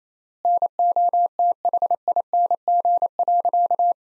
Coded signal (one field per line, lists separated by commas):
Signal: Morse code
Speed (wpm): 28 wpm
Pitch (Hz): 700 Hz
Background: none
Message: NOTHING.